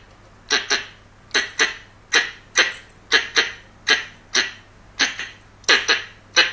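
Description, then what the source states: Squirrel calling with rough, noisy barks, singly and in closely spaced pairs, with a steady low hum beneath. Young male squirrel.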